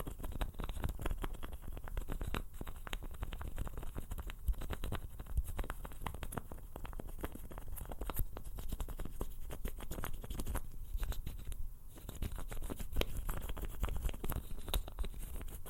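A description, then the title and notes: Fast, dense tapping and rubbing sounds, with sharp clicks and scratchy brushing strokes packed tightly together. The texture stays busy and crackly throughout, with no talking, over a steady low rumble and faint hiss. FAST AND AGGRESSIVE TRIGGERS NO TALKING.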